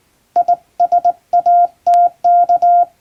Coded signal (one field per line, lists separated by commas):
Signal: Morse code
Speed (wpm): 22 wpm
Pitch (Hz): 700 Hz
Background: none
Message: ISATK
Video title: Morse Code! Straight key! English Morse test in Japan. This is Practice video for Radio Operator.